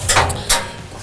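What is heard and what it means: The fold-out side table of a pellet grill cart is folded up until its metal locking tab engages, with soft shuffling and rustling first. A sharp, bright click sounds at 0.5 s and then fades, as the table locks in place.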